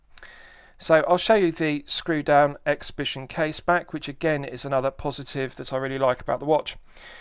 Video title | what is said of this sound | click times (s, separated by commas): Jaeger-LeCoultre Master Ultra Thin Date 4K Watch Review | Pushing in the crown's got a nice positive click, and that restarts the movement, as you can see. | 0.2 s